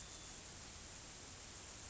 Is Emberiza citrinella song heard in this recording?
no